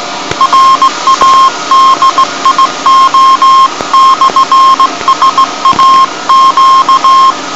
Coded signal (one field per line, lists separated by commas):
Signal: Morse code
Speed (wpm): 17 wpm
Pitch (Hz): 1070 Hz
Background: none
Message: RADIO/SAQ